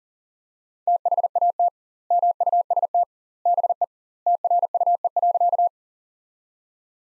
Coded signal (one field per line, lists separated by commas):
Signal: Morse code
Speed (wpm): 40 wpm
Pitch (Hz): 700 Hz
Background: none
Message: THAT MUST BE TRUE.